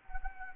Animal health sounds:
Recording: mosquito wingbeat signal from an infrared sensor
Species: Anopheles gambiae

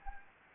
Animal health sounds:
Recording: mosquito wingbeat signal from an infrared sensor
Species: Anopheles gambiae

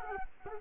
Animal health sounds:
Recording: mosquito wingbeat signal from an infrared sensor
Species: Culex quinquefasciatus

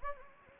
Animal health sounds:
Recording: mosquito wingbeat signal from an infrared sensor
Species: Anopheles gambiae

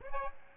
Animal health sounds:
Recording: mosquito wingbeat signal from an infrared sensor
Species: Aedes aegypti

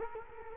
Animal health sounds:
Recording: mosquito wingbeat signal from an infrared sensor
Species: Culex quinquefasciatus

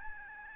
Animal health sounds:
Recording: mosquito wingbeat signal from an infrared sensor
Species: Aedes albopictus

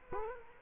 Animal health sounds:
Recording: mosquito wingbeat signal from an infrared sensor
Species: Culex quinquefasciatus

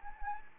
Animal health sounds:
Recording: mosquito wingbeat signal from an infrared sensor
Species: Anopheles arabiensis

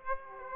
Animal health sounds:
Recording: mosquito wingbeat signal from an infrared sensor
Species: Aedes aegypti

